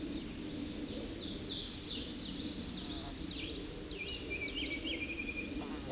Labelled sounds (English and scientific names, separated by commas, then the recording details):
Hooded Warbler (Setophaga citrina) song
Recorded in a Pennsylvania forest on 16 May 2024 at 08:59
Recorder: AudioMoth, point MSD-2163
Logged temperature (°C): 16.1 °C
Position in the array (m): 144 m, 138 m